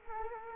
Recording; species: mosquito wingbeat signal from an infrared sensor; Culex quinquefasciatus